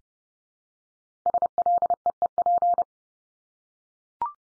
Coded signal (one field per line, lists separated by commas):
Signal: Morse code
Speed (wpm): 30 wpm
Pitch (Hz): 700 Hz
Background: none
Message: SLEEP